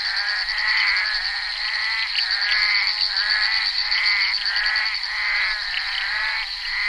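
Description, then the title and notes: Bullfrog croaks, loud harsh pulsed calls repeated in a busy chorus against a steady high whine. Recorded during the filming of Henri Duparc's Bal poussière, February 1988. "crapaux buffle. enregistré sur le tournage Bal poussière dhenri duparc en février 1988"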